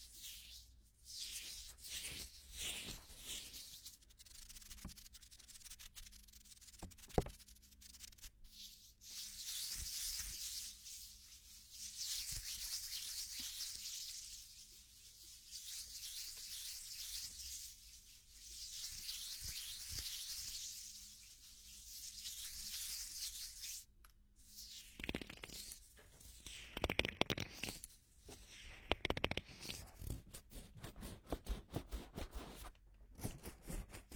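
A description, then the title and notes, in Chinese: Two hands rub gently together, making soft, bright hissing swishes. Through the middle stretch the strokes come in slow, even waves every two to three seconds, while the opening and the last ten seconds bring quicker, irregular brushes and small taps. 双手温柔摩擦。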